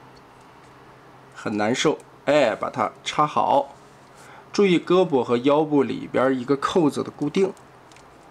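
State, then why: Not seated. A plastic arm fastening tab is being handled toward the waist of a small-scale transforming robot figure while someone talks. The tab has not gone in yet, and nothing has seated or clicked.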